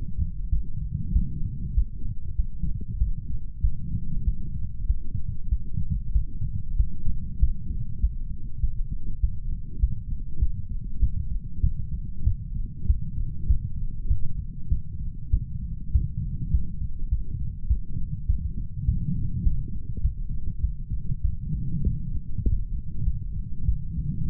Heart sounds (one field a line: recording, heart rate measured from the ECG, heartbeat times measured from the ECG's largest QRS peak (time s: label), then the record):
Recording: heart sounds by stethoscope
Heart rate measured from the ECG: 98 bpm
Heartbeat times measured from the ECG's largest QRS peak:
0.50 s: heartbeat
1.13 s: heartbeat
1.74 s: heartbeat
2.36 s: heartbeat
2.98 s: heartbeat
3.61 s: heartbeat
4.25 s: heartbeat
4.87 s: heartbeat
5.49 s: heartbeat
6.13 s: heartbeat
6.77 s: heartbeat
7.39 s: heartbeat
8.01 s: heartbeat
8.61 s: heartbeat
9.21 s: heartbeat
9.80 s: heartbeat
10.39 s: heartbeat
11.00 s: heartbeat
11.61 s: heartbeat
12.24 s: heartbeat
12.87 s: heartbeat
13.47 s: heartbeat
14.08 s: heartbeat
14.69 s: heartbeat
15.30 s: heartbeat
15.92 s: heartbeat
16.51 s: heartbeat
17.09 s: heartbeat
17.68 s: heartbeat
18.27 s: heartbeat
18.86 s: heartbeat
19.44 s: heartbeat
20.02 s: heartbeat
20.61 s: heartbeat
21.22 s: heartbeat
21.83 s: heartbeat
22.43 s: heartbeat
23.04 s: heartbeat
23.66 s: heartbeat
24.27 s: heartbeat
From the record:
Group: healthy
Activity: light exercise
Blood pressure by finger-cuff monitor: 124/77 mmHg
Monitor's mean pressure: 94 mmHg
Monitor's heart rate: 98 bpm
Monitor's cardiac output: 7.5 L/min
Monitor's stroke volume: 77 mL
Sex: male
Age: 35 years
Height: 178 cm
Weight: 64 kg